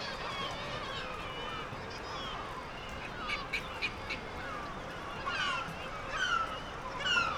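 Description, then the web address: Black-legged kittiwake calls, a few nasal notes midway, then a louder run of rising, wailing harmonic calls near the end, against a background of colony noise. "Black legged kittiwake. صدای-پرنده-کاکایی-پاسیاه"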